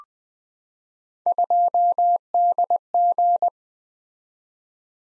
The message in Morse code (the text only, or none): 2DG